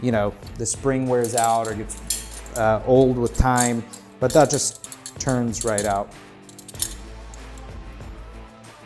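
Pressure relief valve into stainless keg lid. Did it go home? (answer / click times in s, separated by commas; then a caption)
yes / 6.8 s. Someone talks while an old pressure relief valve is unscrewed from a stainless Corny keg lid and replaced, because the spring wears out or gets old with time. Light metallic ticks follow as the new valve is pushed into the metal lid, and it seats with a sharp metallic pop at 6.8 s.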